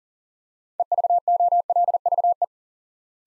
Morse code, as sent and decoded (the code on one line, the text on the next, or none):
. ...- --- .-.. ...- .
EVOLVE